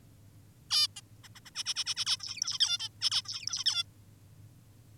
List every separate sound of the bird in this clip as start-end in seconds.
0.70-0.88, 0.96-1.01, 1.24-1.28, 1.35-1.40, 1.46-1.51, 1.55-1.64, 1.66-1.74, 1.76-1.84, 1.86-1.95, 1.96-2.05, 2.06-2.17, 2.20-2.59, 2.60-2.78, 2.80-2.89, 3.01-3.10, 3.12-3.22, 3.25-3.64, 3.66-3.84